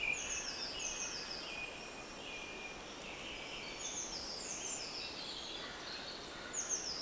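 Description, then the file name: European robin song: high, thin warbled phrases with quick descending sweeps, separated by short pauses, over a steady hiss. "Erithacus rubecula"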